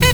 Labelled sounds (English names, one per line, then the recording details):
Zebra Finch stack call
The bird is a female
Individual fem2